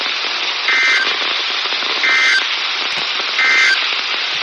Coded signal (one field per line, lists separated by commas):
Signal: Emergency Alert System (SAME) tones